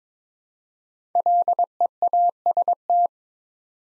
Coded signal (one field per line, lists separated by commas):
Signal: Morse code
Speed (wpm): 22 wpm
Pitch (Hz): 700 Hz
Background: none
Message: LEAST